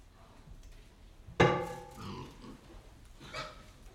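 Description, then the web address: Pig giving a sudden loud harsh grunt, followed by softer snuffling grunts and another grunt later. Three pigs feeding and drinking in wet mud, slow activity, inside a shed. "three animals pigs in wet mud feeding drinking slow activity internal shed"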